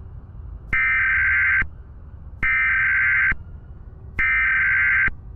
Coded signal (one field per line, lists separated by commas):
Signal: Emergency Alert System (SAME) tones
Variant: header bursts